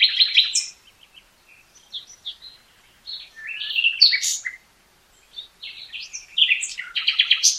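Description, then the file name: Common nightingale song of rapid repeated notes, short whistles and varied chirping phrases, ending in a loud fast trill. "Luscinia megarhynchos"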